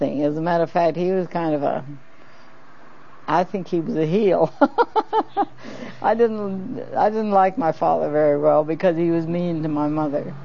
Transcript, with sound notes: As a matter of fact he was kind of a - I think he was a heel. (laughs) I didn't - I didn't like my father very well because he was mean to my mother.